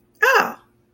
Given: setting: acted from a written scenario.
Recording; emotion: vocal sound without words; positive surprise